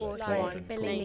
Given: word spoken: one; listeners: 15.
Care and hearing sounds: one English word in noise, from a listening test; four-talker babble; -2.5 dB; 2 of 15; 6 of 15; 0.65 s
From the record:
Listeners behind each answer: 6, 2, 1, 1, 1, 1, 1, 1, 1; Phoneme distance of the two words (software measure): 27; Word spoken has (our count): 1 syllable, 3 phonemes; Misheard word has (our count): 2 syllables, 4 phonemes, stress on syllable 1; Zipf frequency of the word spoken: 6.56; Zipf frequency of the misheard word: 5.53

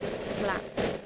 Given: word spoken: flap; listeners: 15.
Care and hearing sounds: one English word in noise, from a listening test; noise modulated by three-talker babble; -3.7 dB; 0 of 15; 9 of 15; 0.66 s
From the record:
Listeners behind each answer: 9, 3, 1, 1, 1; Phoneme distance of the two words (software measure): 10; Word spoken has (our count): 1 syllable, 4 phonemes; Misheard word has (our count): 1 syllable, 4 phonemes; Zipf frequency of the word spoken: 3.79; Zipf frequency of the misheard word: 4.99

